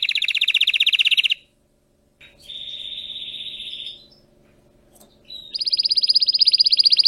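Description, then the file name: Canary song: a fast loud trill, a short silence, a softer steady rolling trill, a brief gap, then another loud rapid trill; faint low hum behind. Belgian canary, red frosted colour variety. "canto do canario belga vermelho nevado"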